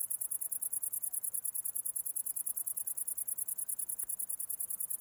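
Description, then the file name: Cricket calling with a bright, high, evenly pulsed chirp sustained throughout, plus a single faint click near the end. Recorded 11 August 2009. "20090811 crickets"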